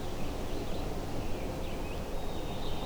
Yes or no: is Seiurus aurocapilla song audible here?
no